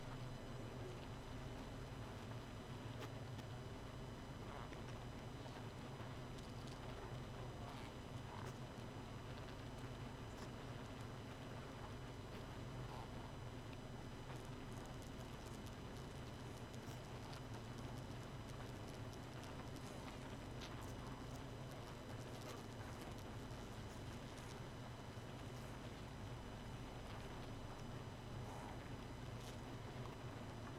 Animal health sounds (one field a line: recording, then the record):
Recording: honeybee colony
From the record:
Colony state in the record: missing queen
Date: 31 May 2018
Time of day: 0:30